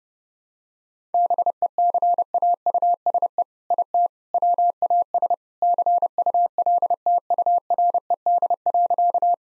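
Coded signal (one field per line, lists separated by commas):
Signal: Morse code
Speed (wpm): 28 wpm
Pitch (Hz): 700 Hz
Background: none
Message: BECAUSE IT WAS CULTURED.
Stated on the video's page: Morse practice set at 30 wpm.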